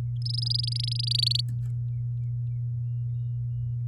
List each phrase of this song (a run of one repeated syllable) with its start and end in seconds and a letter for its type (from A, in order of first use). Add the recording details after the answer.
0.22-1.41 A. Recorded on 9 May 2018 at 07:37. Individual llb16